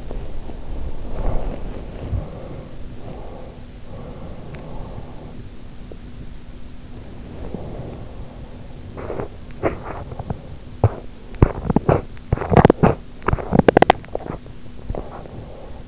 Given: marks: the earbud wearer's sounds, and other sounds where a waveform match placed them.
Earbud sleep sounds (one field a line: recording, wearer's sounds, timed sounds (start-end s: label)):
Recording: sounds in sleep by an in-ear microphone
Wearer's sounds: body movement, breath, teeth grinding, swallowing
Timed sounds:
0.00-2.17 s: body movement
1.08-3.69 s: breath
3.82-5.41 s: breath
6.86-8.20 s: body movement
8.90-14.03 s: teeth grinding
14.00-15.88 s: swallowing